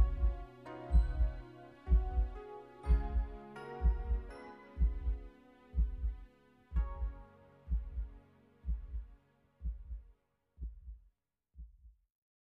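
Steady, regular low heartbeat thumps at about 62 per minute, under soft sustained musical tones that fade out.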